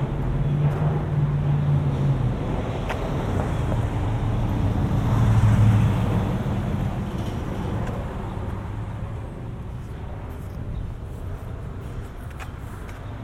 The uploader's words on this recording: Walking home from the mall. A binaural recording of a walk from Cross County Mall to our house in Mount Vernon. An hour long walk through lower Westchester County, in the suburbs of New York City.